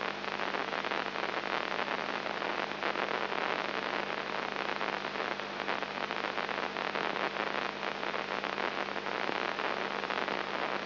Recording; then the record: brain microelectrode recording played as sound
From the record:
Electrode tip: inside the subthalamic nucleus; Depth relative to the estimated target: -2 mm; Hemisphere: left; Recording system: AlphaMap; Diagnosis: Parkinson's disease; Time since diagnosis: 10 years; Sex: male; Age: 56 years